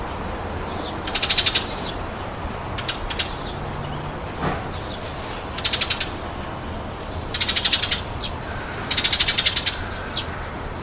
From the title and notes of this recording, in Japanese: 窓辺の音。わたしの自宅の窓から録音した音です。声なし。BGMなし。